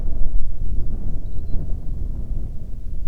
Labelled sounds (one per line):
wind